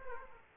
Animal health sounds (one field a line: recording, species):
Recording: mosquito wingbeat signal from an infrared sensor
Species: Aedes aegypti